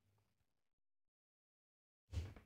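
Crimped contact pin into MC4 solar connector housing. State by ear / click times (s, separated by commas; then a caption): seated / 2.4 s. A crimped metal contact on a solar cable is pushed into a plastic MC4 connector housing. After nearly two seconds of near silence, a short burst sounds as it locks in with a click at 2.4 s, seating the contact so it can no longer be pulled out.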